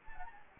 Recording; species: mosquito wingbeat signal from an infrared sensor; Anopheles gambiae